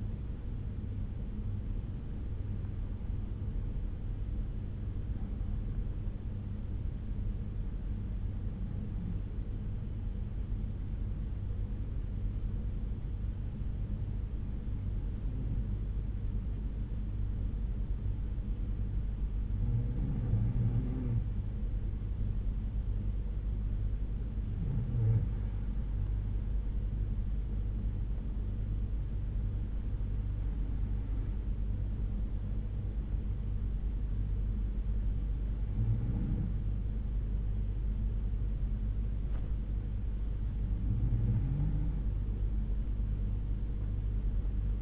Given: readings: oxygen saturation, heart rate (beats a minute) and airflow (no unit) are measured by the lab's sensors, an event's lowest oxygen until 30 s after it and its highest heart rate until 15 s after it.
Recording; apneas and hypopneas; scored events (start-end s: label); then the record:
breathing in sleep by a smartphone at the bedside; 1
8.00-28.10 s: hypopnea (N1, oxygen 94% highest, then 91% lowest)
15.00-44.82 s: new sleep stage, N2 (light sleep)
From the record:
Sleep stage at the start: N1 (lightest sleep); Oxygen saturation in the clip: 91 to 94%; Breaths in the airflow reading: 8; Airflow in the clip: -5.0 to 5.5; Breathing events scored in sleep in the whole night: 368 in 8.0 hours asleep